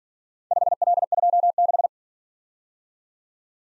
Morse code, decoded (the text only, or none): 5L26